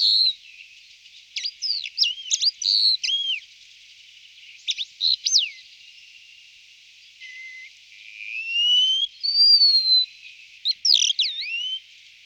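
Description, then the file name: Wallcreeper with sharp, quick chirps and short twisting notes in scattered bursts, then a slow rising whistle followed by a higher drawn-out whistle, then more chirps. "Zednicek skalni Tichodroma muraria"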